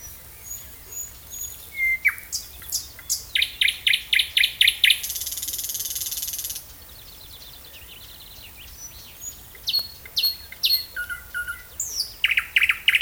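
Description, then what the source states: Thrush nightingale singing: a whistled note, a knocking rattle series and a long buzzy trill, then a pause before new whistles and chattering phrases resume. Recorded at Hemmerder Wiesen on 18 May 2017.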